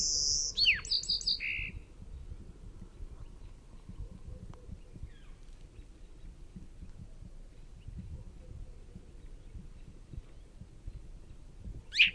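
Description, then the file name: Song sparrow: the buzzy end of a song at the start, sharp notes and a low buzz, then a long quiet stretch of background noise and a single sharp note near the end. "SOSP song"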